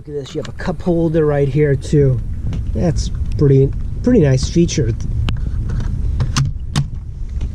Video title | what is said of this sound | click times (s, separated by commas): One of the best Camper vans | And it clicks into place. | 6.8 s